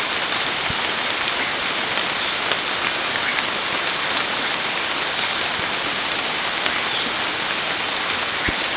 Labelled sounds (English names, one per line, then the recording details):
none
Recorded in pastures near Puerto Asís, Putumayo, Colombia, on 29 June 2025 at 13:00
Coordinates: 0.502, -76.324
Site G010